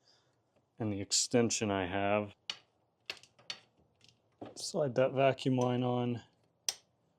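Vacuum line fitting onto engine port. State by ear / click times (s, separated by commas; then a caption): seated / 6.7 s. Someone talks while a vacuum line fitting is slid onto its port on a Saab 9-3 engine, with a few faint taps and clicks in the pauses. At 6.7 s the fitting snaps home with a sharp, loud click, seating into place.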